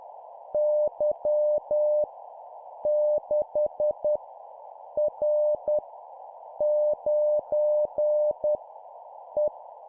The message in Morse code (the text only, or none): Y 6 R 9 E